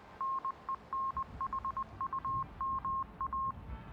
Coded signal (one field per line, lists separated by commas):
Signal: Morse code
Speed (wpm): 20 wpm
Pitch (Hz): 1070 Hz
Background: none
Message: NENHUMA